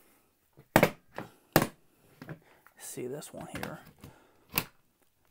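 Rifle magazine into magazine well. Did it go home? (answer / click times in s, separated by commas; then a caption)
no / none. A magazine is inserted into the opened-up magazine well of a WASR rifle, with sharp knocks around 0.8, 1.6 and 4.6 seconds while someone talks briefly. The magazine locks in, but it does not give its usual click, and nothing has clicked.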